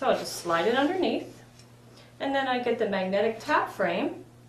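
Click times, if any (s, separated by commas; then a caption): none. Someone talks while handling the magnetic top frame of an embroidery machine hoop, getting it ready to press down onto the bottom frame over the fabric. A steady low hum runs underneath the voice. Nothing has snapped into place yet.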